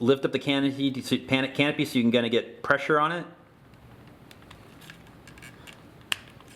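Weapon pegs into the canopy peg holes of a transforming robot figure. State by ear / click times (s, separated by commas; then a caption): seated / 6.1 s. Someone talks while lifting the plastic canopy on a Unique Toys M01 Archimonde (Masterpiece Combaticon Brawl) transforming robot figure to get pressure on it, then presses the weapon pegs into the peg holes on the back of the canopy. After the talking stops, faint handling ticks give way to one sharp plastic click at 6.1 s as the pegs lock into place and seat securely.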